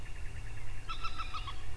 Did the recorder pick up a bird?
yes